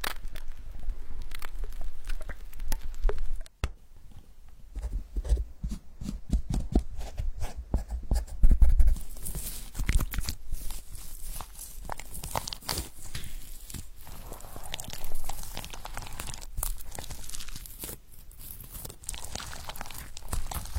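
Crackly tapping and tearing sounds, with rapid sharp bursts between five and nine seconds, then a softer rubbing, crinkling texture continuing steadily.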